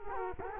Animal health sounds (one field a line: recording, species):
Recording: mosquito wingbeat signal from an infrared sensor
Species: Culex quinquefasciatus